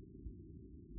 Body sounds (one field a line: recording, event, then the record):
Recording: neck accelerometer signal played as sound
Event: no cough (speech, laughter, throat clearing or background)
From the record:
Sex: female